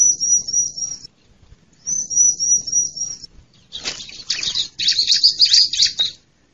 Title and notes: Suara Pikat Burcil Ribut Paling Ampuh Ngabisin Burung Liar. ciblek